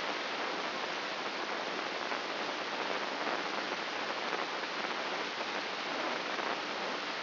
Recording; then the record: brain microelectrode recording played as sound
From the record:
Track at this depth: inside the subthalamic nucleus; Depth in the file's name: 5.429 mm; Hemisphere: left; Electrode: 3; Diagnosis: Parkinson's disease